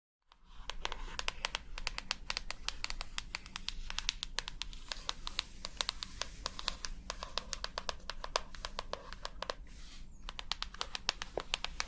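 Rapid, irregular tapping clicks go on continuously for about twelve seconds, sharp and bright, over a low steady hum with faint crinkling.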